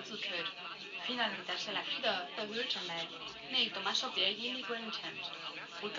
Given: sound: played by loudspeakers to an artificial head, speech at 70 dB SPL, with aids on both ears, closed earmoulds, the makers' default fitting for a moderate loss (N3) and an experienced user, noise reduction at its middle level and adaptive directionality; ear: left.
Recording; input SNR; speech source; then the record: speech test signal (ISTS) in cocktail-party noise; +6 dB; on the right (90 degrees)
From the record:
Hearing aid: class 1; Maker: G